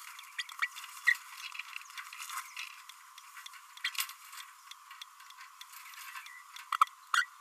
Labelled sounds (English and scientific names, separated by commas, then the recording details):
Green-rumped Parrotlet (Forpus passerinus) babbling
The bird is a female
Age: 30 days
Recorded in a nest box in Venezuela
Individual 17B32A5